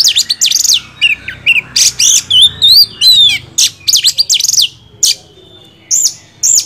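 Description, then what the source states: Oriental magpie-robin song with harsh, rasping bursts mixed with sweet rising and falling whistles, delivered in quick uneven phrases separated by short pauses. Used to train songbirds; a champion singer.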